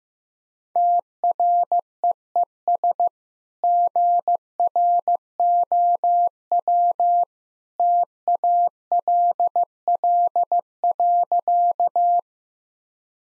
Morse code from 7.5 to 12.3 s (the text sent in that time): TALL.